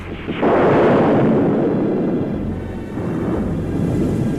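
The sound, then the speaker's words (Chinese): A loud crash of thunder breaks in after a moment of quiet as rain begins, then rolls on as a deep, sustained rumble that swells again toward the end. No voices are heard. “大雷了，下雨了，天哭了。”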